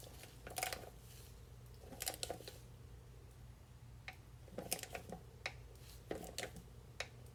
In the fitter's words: just like that I hope you can hear the torque wrench click